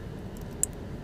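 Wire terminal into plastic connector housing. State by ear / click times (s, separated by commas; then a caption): seated / 0.6 s. A crimped wire terminal is pushed into a plastic connector housing for the aux adapter harness of a GROM Audio MST 3 install in a BMW 5 Series E60. After a struggle, a single short, sharp, bright click sounds at 0.6 s over a steady low background noise. The terminal snaps into the housing and is confirmed seated.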